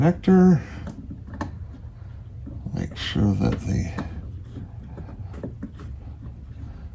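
Someone talks while a plastic wiring harness connector is handled and lined up with the plug of a new LED fog light bulb on a 2017 RAV4, with a few soft taps and rustles of plastic. The connector is not yet pushed home, and nothing has seated or clicked yet.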